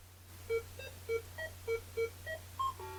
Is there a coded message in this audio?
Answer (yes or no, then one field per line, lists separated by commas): no